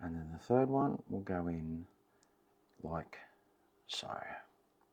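A third crimped terminal pin on a wire is handled at a plastic connector housing, ready to be pushed in. Someone talks, with short quiet faint handling noises between. Nothing has seated or clicked into the housing yet.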